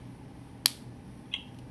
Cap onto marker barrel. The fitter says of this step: hear that click that means the lid is on